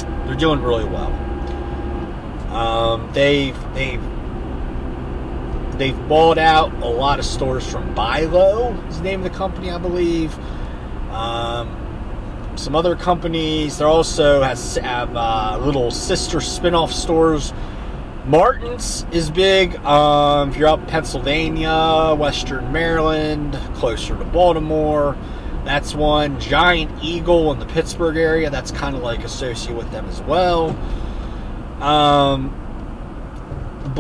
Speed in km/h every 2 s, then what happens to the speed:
82, 81, 79, 82, 79, 76, 74, 72, 74, 72, 74, 77, 77, 77, 74, 68, 63.
0-8 steady at about 81. 11-27 steady at about 74. 27-34 slows to 63.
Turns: none.